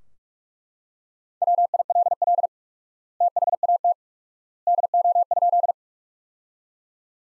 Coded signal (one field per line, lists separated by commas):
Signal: Morse code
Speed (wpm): 42 wpm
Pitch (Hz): 700 Hz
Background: none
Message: WILL THAT DO?